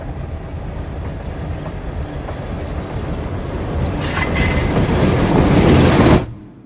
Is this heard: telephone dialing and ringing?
no